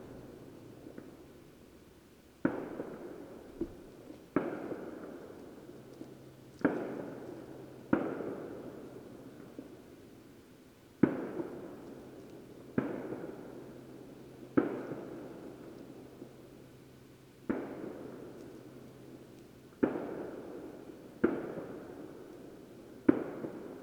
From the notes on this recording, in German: Ein kleines Feuerwerk in einem nahen Ort.